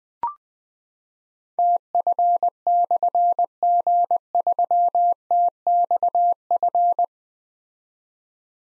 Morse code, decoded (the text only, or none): TF/G3TXF